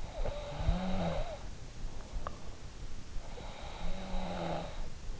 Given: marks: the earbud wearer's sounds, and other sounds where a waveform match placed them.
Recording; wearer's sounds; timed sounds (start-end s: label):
sounds in sleep by an in-ear microphone; snoring breath
0.00-2.06 s: snoring breath
3.43-5.20 s: snoring breath